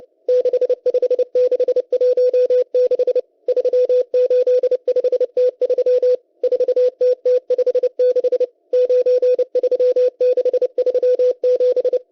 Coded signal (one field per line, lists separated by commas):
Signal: Morse code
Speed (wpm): 30 wpm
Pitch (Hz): 500 Hz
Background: none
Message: 65616 385T3 4TT56 93637